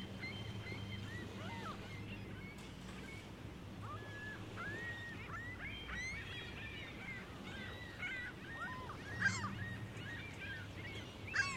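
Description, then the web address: Gulls giving scattered mewing and yelping calls over a steady low hum, a few sharper cries near the end. Several seagulls, busy flock at Lake Ontario. "Big Room Sound Birds Seagulls Lake Ont Busy"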